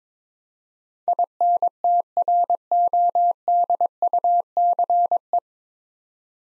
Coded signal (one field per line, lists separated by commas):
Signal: Morse code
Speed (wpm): 21 wpm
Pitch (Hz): 700 Hz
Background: none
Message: INTRODUCE